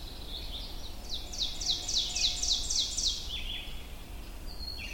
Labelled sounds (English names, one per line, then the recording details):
Ovenbird song
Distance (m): 30 m
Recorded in boreal forest in Alberta, Canada, on 22 June 2016 at 05:47
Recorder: SongMeter 3, array SBT-6-76
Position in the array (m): 150 m, 110 m
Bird 3